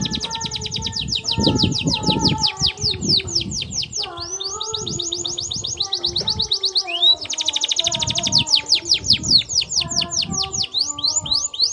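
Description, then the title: Canary song: long rolling trills of fast repeated notes, broken by a rising whistle, over steady background hum and low noise. Belgian canary (Kenari AF) warm-up song with long rolling song, used as masteran tutor song so young canaries quickly sing and roll long. "Canto Para Esquentar Canário Belga. Kenari AF gacor panjang bagus untuk masteran, Kenari muda cepat gacor ngerol panjang"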